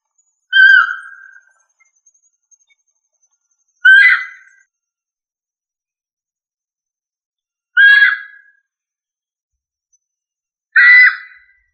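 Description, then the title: Rail calls: four harsh, squawking notes, each separated by a few seconds of silence. "LuckyFamilia RallidaeFrangoSama"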